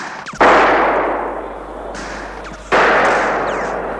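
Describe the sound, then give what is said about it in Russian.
Two loud gunshots ring out a couple of seconds apart, each trailing off in a long rolling echo, with a fainter crack between them and no voices. “Смотри, огоньки, выстрелы движутся в сторону, уйдут!”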